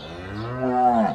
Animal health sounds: contact call of a hoofed animal; cattle; low-frequency (closed-mouth) or high-frequency (open-mouth) call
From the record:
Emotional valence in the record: negative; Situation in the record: full separation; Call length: 1.15 s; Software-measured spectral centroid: 1110 Hz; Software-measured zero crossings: 1560 a second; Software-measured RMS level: -23 dBFS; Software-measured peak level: -9 dBFS

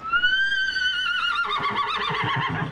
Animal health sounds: contact call of a hoofed animal; horse; whinny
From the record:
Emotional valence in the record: positive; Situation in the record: reunion with one group member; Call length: 2.7 s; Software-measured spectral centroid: 2100 Hz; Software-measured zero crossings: 3280 a second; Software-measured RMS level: -24 dBFS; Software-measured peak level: -10 dBFS

